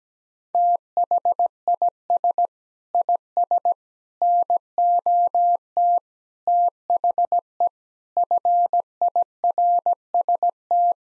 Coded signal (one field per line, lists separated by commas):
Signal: Morse code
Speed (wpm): 17 wpm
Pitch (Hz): 700 Hz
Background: none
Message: THIS IS NOT THE FIRST